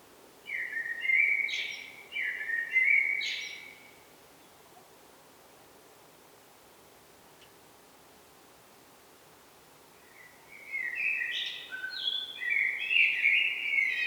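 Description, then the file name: Common blackbird singing two fluty phrases with high squeaky endings, then a long quiet gap before a more twittering, chattering phrase. "Turdus merula"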